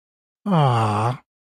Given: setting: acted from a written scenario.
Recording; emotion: vocal sound without words; adoration